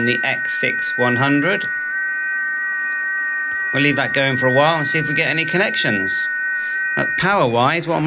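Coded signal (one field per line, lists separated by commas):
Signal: FT8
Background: speech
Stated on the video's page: FT8 from a Xiegu X6100 transceiver controlled by SDR Control on iOS and iPad.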